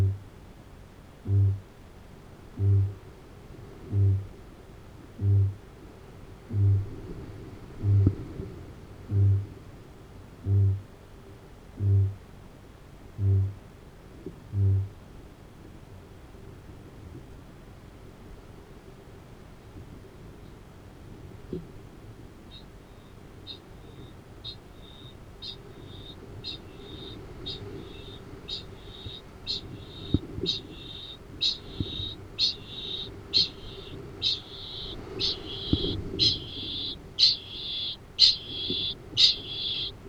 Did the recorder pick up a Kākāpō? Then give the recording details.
yes. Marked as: faintness 2/5, faintness 5/5, faintness 4/5, faintness 3/5. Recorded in New Zealand. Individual Arab